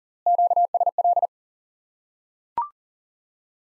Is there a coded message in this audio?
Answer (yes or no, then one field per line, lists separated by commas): yes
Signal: Morse code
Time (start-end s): 0.3-1.3 s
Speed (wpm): 40 wpm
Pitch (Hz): 700 Hz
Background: none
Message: QSL